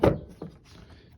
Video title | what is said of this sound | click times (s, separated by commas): GMC Yukon 2014 headlight bulb replacement #vehicles #carmaintenance #car #repair #howto #diy | in the headlight assembly you can turn it to the right and it'll click into place | 0.0 s